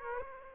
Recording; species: mosquito wingbeat signal from an infrared sensor; Aedes aegypti